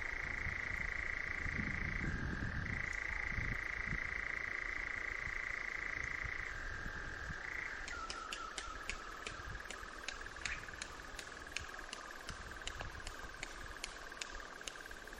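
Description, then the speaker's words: Nightjar churring steadily, then the trill shifts lower and a series of sharp wing claps snaps out over a faint continuing churr. Made in Northumberland in June; the wing claps are a strange clapping sound, like switching off their engines. "He writes he was lucky enough to record a nightjar, including its wing claps, in Northumberland"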